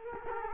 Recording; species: mosquito wingbeat signal from an infrared sensor; Culex quinquefasciatus